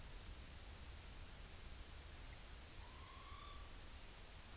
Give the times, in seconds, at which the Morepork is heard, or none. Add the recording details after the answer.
2.71-3.80. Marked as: faintness 4/5. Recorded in New Zealand on 30 April 2013. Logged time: 02:19. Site Ponui